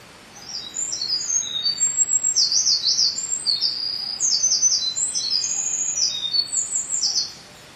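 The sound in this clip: Wren song pours out for about six and a half seconds as a vigorous, high, rattling stream of trills and sharp notes with almost no pause.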